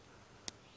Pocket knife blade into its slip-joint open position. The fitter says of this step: snap into place but that's this is not a locked knife there is some resistance there